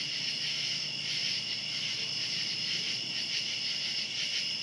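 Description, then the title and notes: Cicada chorus droning without a break, a high, even, shimmering buzz that swells gently and stays level throughout. Outdoors at night. "Ext. Cicadas, Night by Bandeto"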